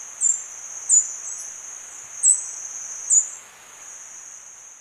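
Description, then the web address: Wedge-billed Hummingbird calls, four sharp very high chips at irregular intervals, above a constant high-pitched drone. Recorded in Ecuador. "Birds of Ecuador 201 Wedge-billed Hummingbird"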